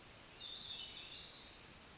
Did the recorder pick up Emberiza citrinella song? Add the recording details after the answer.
no. Another species is heard